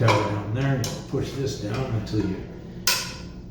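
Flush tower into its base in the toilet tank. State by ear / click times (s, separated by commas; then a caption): seated / 2.9 s. A plastic flush tower on a Kohler toilet is pushed down onto its base in the toilet tank and turned until its T-shaped tabs lock in, so it won't pull up anymore. Someone talks over the work, then a sharp knock-like click at 2.9 s marks the tower seating and locking into place.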